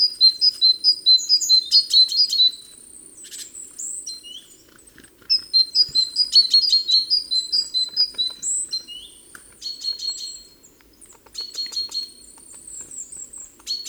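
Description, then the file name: Great tit call series: long runs of sharp, evenly spaced high notes, more than two per second, pausing and resuming, with other thin chirps mixed in. "Parus major"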